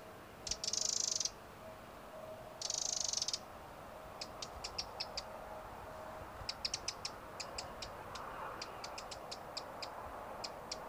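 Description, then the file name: Eurasian wren, two dense rattling bursts early on, followed by scattered sharp high ticks in irregular groups, with low hum underneath. "Troglodytes troglodytes"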